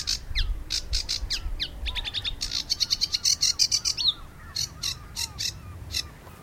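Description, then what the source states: Sedge warbler song, harsh chattering phrases with a rapid burst of repeated dry notes in the middle, then scratchy calls spaced out toward the end; low rumble underneath. Spring, just arrived; grating and erratic song, usually delivered from brambles.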